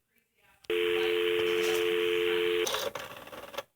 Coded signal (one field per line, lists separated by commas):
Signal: telephone call progress tone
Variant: North America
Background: speech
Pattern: dial tone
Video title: Rotary Phone Vs. Touch Tone